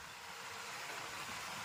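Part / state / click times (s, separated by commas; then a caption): steering side lock bolt into the motorcycle steering head / not seated / none. On a Hero Splendor+ BS6 motorcycle whose lock set was just replaced after a complaint that the side lock would not lock, the key is being turned to work the steering side lock bolt into the steering head. Only a steady broadband background hiss is heard, with no sharp sounds. Nothing has seated or clicked yet.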